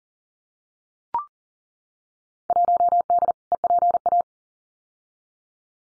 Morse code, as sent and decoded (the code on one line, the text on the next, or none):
.---- -.. / . .--. .-
1D EPA